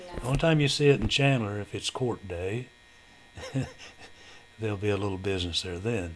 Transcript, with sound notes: Only time you see it in Chandler, if its court day. (Chuckling) There'll be a little business there then.